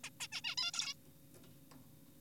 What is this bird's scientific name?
Taeniopygia guttata